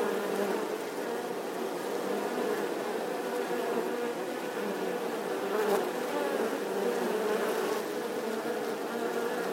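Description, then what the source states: Honey bee swarm buzzing as a dense, steady drone with many overlapping wingbeat tones, holding an even level throughout with slight swells. Bee swarm buzzing outside the hive.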